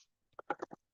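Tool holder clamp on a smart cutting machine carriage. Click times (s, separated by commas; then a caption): 0.4 s, 0.5 s. A plastic clamp on the carriage of a Cricut smart cutting machine is pulled over the inserted tool holder until it latches closed. Sharp, short clicks sound at 0.4 s and 0.5 s, followed by a few softer rattling clicks, and the clamp is seated and latched.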